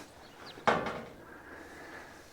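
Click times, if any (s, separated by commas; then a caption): 0.7 s. A gutter hanger is snapped into a new barn rain gutter while the gutters are being put up. After a quiet stretch, a single sharp snap lands at 0.7 s and decays quickly into faint background noise. The hanger seats in place.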